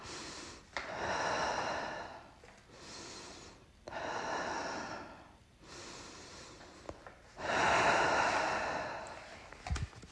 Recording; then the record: deep breathing after running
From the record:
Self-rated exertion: moderate exertion (3 of 6); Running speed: 5 miles an hour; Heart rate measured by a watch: 113 beats a minute at the start, 110 at the end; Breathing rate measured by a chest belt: 14 breaths a minute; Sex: female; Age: 51 years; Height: 160 cm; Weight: 57 kg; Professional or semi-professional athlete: no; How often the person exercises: over 5 times a week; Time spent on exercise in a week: 1 to 2 hours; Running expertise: no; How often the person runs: under once a week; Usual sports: yoga